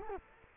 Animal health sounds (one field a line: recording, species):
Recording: mosquito wingbeat signal from an infrared sensor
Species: Culex quinquefasciatus